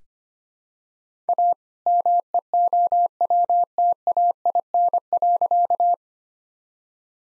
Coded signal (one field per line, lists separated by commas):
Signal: Morse code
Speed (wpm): 25 wpm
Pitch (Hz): 700 Hz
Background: none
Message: A MEOWTAIN.